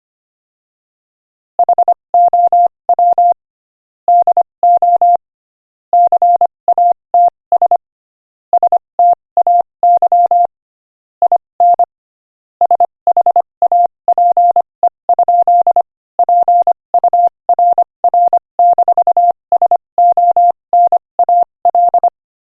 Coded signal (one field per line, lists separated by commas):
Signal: Morse code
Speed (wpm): 25 wpm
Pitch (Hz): 700 Hz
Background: none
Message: HOW DO CATS STAY IN SHAPE? PURR-SONAL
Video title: Morse Code Practice: 25 wpm Joke #25